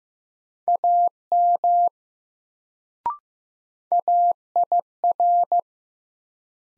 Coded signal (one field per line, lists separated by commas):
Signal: Morse code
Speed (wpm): 15 wpm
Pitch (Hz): 700 Hz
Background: none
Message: AM AIR